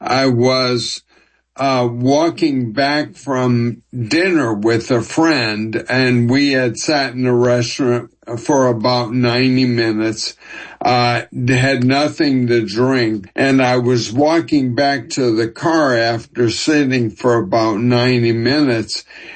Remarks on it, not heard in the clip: I was finally diagnosed with ALS in January of 2025. You can hear the effects on my speech. I used to be a fast talker.